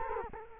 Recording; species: mosquito wingbeat signal from an infrared sensor; Culex quinquefasciatus